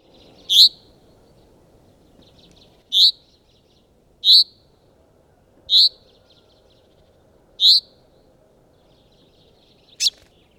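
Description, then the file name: Common chaffinch calling: single sharp, high, slightly wavering notes repeated at irregular intervals, six in all, over a faint low rumble. "Fringilla coelebs"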